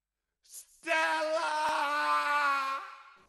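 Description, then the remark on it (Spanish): At the end of a song, a loud, sustained scream holds a steady, strained pitch for about two seconds, preceded by a short breathy intake, then drops slightly and cuts off. “Bueno, ese grito del final un poco inesperado.”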